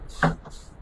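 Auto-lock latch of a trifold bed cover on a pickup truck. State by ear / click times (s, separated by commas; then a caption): seated / 0.2 s. The auto-lock latch of an RS Trifold tonneau cover on a 2024 Raptor pickup truck's bed is locked with the vehicle's key fob. It engages with a single sharp knock at 0.2 s over a faint background, showing the cover has locked.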